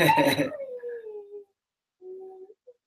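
A dog lets out a sharp yelping cry that trails into a long, falling whine, then after a pause gives a shorter, steady howl and a brief final whimper.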